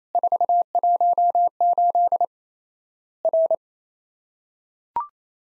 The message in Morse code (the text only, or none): 418 R